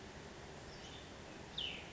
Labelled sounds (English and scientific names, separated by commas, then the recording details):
Cassin's Vireo (Vireo cassinii)
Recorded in Sonoma County, California